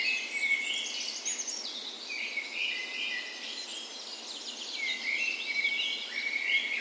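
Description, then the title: Birds: dawn chorus of mixed birdsong, with high thin whistles and sweeping notes over a constant tangle of chattering song. Dawn chorus in a park west in Bergen, Norway, on the morning of 17 May, Norway's National Day, in spring; Sony PCM A10 recorder, LOM micro Usi mics used as tree ears. "17th Of May Dawn Chorus"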